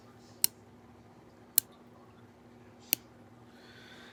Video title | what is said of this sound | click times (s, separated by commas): Big Doug Outdoors Some Ideas On Crappie Lures And Tacklebox | as you can see, the little teeth in here that they lock each one and push. You'll hear a click. Listen. | 0.4 s, 1.6 s, 2.9 s